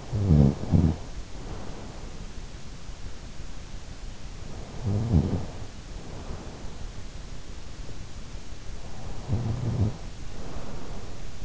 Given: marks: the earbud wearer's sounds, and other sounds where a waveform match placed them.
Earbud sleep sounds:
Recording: sounds in sleep by an in-ear microphone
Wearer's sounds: snoring breath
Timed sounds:
0.00-2.22 s: snoring breath
4.59-6.57 s: snoring breath
9.02-11.45 s: snoring breath

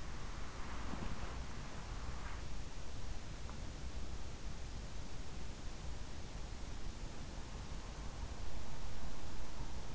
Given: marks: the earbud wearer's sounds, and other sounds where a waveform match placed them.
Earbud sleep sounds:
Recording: sounds in sleep by an in-ear microphone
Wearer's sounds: breath, body movement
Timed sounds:
0.00-2.41 s: breath
0.67-1.76 s: body movement

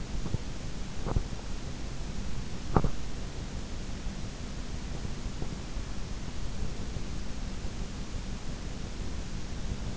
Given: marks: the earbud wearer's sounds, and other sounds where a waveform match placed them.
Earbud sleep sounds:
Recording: sounds in sleep by an in-ear microphone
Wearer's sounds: teeth grinding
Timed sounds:
0.00-0.70 s: teeth grinding
1.03-1.44 s: teeth grinding
2.48-3.06 s: teeth grinding

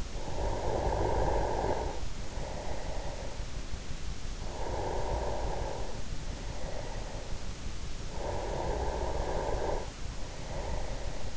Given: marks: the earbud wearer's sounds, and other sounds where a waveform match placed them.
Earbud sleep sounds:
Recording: sounds in sleep by an in-ear microphone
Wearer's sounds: snoring breath, breath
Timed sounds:
0.00-3.55 s: snoring breath
4.30-7.63 s: breath
7.93-11.37 s: breath

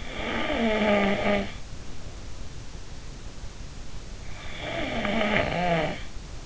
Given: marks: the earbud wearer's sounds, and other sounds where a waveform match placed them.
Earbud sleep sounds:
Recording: sounds in sleep by an in-ear microphone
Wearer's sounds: snoring breath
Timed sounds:
0.00-1.45 s: snoring breath
4.44-6.10 s: snoring breath

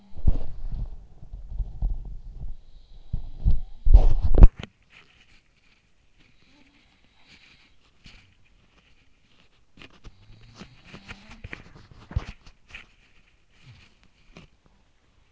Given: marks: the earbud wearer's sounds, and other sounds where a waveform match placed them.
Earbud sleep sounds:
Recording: sounds in sleep by an in-ear microphone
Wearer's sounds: body movement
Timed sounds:
0.00-15.32 s: body movement
2.80-5.60 s: sound from someone else or the room
6.29-9.37 s: sound from someone else or the room
10.23-12.97 s: sound from someone else or the room

